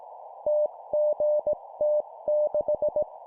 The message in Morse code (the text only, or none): TGT6